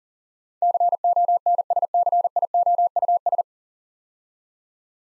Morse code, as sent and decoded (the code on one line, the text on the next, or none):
-.-. --- -. ... -.-. .. --- ..- ...
CONSCIOUS